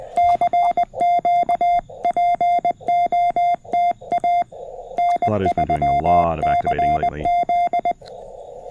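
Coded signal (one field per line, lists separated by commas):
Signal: Morse code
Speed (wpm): 20 wpm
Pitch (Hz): 700 Hz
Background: music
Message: CQ POTA N3CZ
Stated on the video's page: QRP CW on a Parks on the Air activation from a state park, using a CFT1 transceiver, paddle key and 40m end-fed half-wave antenna.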